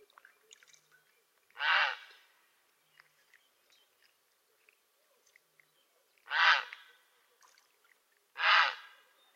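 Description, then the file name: Grey heron croaking three times, rough and grating, spaced unevenly a few seconds apart, with soft scattered ticks and chirps between the calls. "Czapla Siwa"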